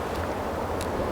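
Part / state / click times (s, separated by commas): crimped wire terminal into the back of a multi-pin trailer plug housing / not seated / none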